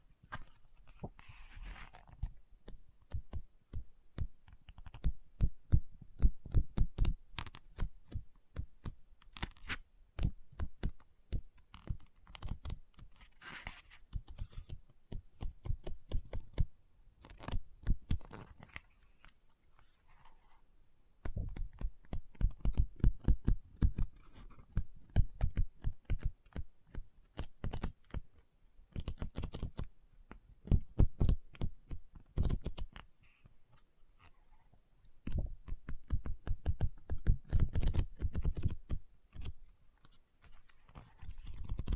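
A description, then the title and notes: Quick, dense fingertip tapping on a book comes in bursts of a few seconds, separated by short quieter gaps near 10, 20 and 34 seconds. The taps are dull and low, with lighter scratchy ticks mixed in, steady and rhythmic like typing. Book Tapping, Scratching, Page Turning.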